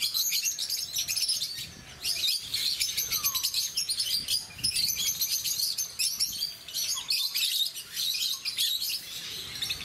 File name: rosy faced lovebird